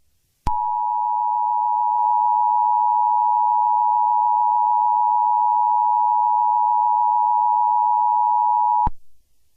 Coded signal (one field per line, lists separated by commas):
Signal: Emergency Alert System (SAME) tones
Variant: 853 and 960 Hz attention tone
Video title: The Best EAS Scenario Ever